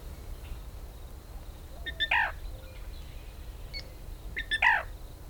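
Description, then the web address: Black rail giving two calls, each a quick clicky burst sliding down into a lower note, spaced roughly two and a half seconds apart against faint low rumble. Kic-kic-doo (ki-ki-doo) call. "beislab rail 1 blra kkd"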